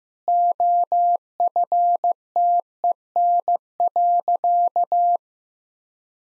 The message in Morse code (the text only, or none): OFTEN.